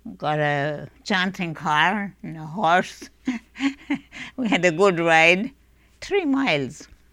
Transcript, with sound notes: got a jaunting car and a horse. ( she laughs ) We had a good ride. Three miles.